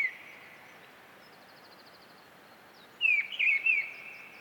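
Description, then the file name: Mistle thrush giving one short fluty phrase of a few warbled notes near the end, after a quiet pause. "British Library - Mistle Thrush Turdus viscivorus"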